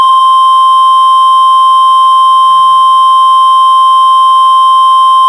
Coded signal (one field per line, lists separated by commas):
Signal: Emergency Alert System (SAME) tones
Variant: 1050 Hz attention tone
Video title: 2011 National EAS Test Hijack (Remade)